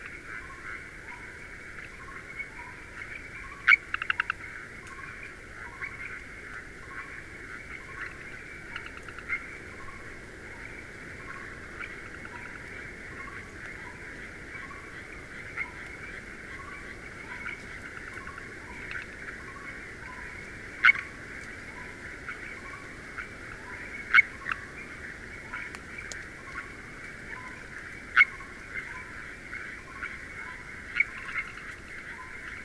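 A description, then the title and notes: Frogs call in the Garo Hills, a steady chorus of fast, regular pulsing notes around a bright mid pitch that never lets up. A lower trilling pulse repeats beneath it, and a few sharp clicks stand out near 4, 21, 24 and 28 seconds. Garo Hills Frogs, Himalayas - If We Vanish. The Garo Hills are the youngest part of the Himalayas.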